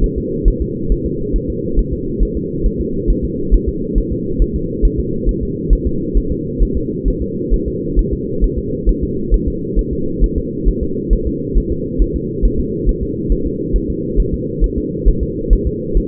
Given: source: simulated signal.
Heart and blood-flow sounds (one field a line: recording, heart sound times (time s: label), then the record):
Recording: fetal heart sounds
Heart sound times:
0.04 s: S1
0.18 s: S2
0.48 s: S1
0.62 s: S2
0.92 s: S1
1.06 s: S2
1.36 s: S1
1.50 s: S2
1.79 s: S1
1.93 s: S2
2.23 s: S1
2.37 s: S2
2.66 s: S1
2.81 s: S2
3.10 s: S1
3.25 s: S2
3.54 s: S1
3.69 s: S2
3.98 s: S1
4.12 s: S2
4.42 s: S1
4.56 s: S2
4.85 s: S1
5.00 s: S2
5.29 s: S1
5.43 s: S2
5.73 s: S1
5.87 s: S2
6.17 s: S1
6.32 s: S2
6.63 s: S1
6.77 s: S2
7.08 s: S1
7.22 s: S2
7.54 s: S1
7.68 s: S2
7.99 s: S1
8.13 s: S2
8.44 s: S1
8.58 s: S2
8.89 s: S1
9.03 s: S2
9.34 s: S1
9.48 s: S2
9.79 s: S1
9.93 s: S2
10.24 s: S1
10.38 s: S2
10.69 s: S1
10.83 s: S2
11.13 s: S1
11.27 s: S2
11.58 s: S1
11.72 s: S2
12.02 s: S1
12.16 s: S2
12.45 s: S1
12.60 s: S2
12.89 s: S1
13.03 s: S2
13.32 s: S1
13.46 s: S2
13.76 s: S1
13.90 s: S2
14.20 s: S1
14.34 s: S2
14.64 s: S1
14.78 s: S2
15.08 s: S1
15.23 s: S2
15.53 s: S1
15.67 s: S2
15.97 s: S1
From the record:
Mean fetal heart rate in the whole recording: 135 bpm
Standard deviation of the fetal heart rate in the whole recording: 3 bpm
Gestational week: 36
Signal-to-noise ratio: -6.6 dB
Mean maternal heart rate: 72 bpm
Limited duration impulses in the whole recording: present